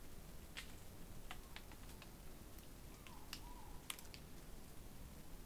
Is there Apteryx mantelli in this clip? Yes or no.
no